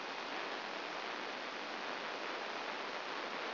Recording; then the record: brain microelectrode recording played as sound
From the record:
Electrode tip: inside the subthalamic nucleus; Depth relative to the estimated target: 1 mm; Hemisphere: right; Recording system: AlphaMap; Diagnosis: Parkinson's disease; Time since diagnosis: 15 years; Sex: female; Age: 68 years